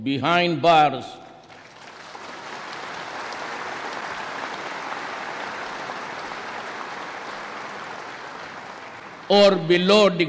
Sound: applause